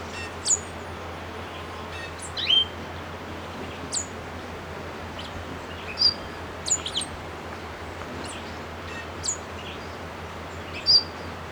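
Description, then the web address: Orange-bellied euphonia song: scattered high, sharp notes and brief clipped chips at irregular intervals over steady background hiss. Recorded in Ecuador. "Natures Songs S America Birds of Ecuador. Orange-Bellied Euphonia"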